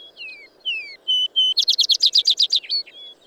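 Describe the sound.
Bird song: descending whistles and two flat clear notes, then a loud rapid series of buzzy trilled notes and a closing whistle.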